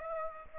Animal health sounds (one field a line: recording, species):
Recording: mosquito wingbeat signal from an infrared sensor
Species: Aedes aegypti